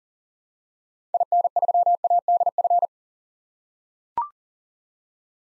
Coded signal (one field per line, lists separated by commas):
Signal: Morse code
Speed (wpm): 40 wpm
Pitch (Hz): 700 Hz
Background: none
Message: IN3ADF